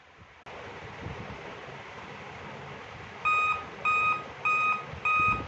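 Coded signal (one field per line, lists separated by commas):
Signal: beep code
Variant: Dell laptop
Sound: background room noise, then at least four short evenly spaced high beeps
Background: room noise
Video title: Dell laptop beep sound black screen issue repair #kanchipuram #service #laptoprepair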